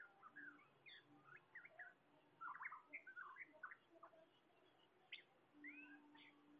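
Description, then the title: Bird song in varied short chirps and whistled notes scattered through, with a low steady hum underneath. "SuaraBurung Kicau"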